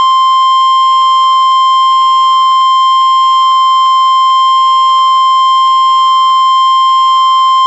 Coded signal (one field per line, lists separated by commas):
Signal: Emergency Alert System (SAME) tones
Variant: 1050 Hz attention tone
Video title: EAS Alert #126